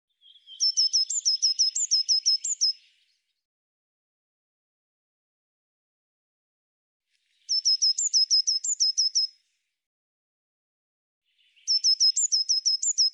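Eurasian blue tit giving three runs of sharp, high repeated notes, the first two lasting about two seconds each and the last cut off at the end, with faint lower buzzy sound at the start of some runs.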